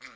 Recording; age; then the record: pig call; piglet (1 to 25 days)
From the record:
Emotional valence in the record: positive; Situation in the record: short reunion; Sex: male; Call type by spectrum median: low-frequency call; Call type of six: low-frequency tonal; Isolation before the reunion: 3 minutes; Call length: 0.16 s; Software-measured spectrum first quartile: 1647 Hz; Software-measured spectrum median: 2206 Hz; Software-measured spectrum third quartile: 3434 Hz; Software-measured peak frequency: 2076 Hz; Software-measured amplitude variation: 117 dB a second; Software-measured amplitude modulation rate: 9.4 a second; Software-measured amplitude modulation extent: 12.5 dB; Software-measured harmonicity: -0.4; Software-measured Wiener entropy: -1.14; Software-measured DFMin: 606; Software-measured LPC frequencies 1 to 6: 1302, 2189, 3491, 4260, 4847, 5583 Hz